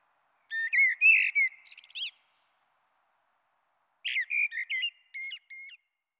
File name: Merle Noir